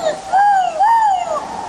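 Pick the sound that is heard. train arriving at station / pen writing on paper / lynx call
lynx call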